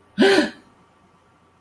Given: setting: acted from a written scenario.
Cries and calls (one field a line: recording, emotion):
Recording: vocal sound without words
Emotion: negative surprise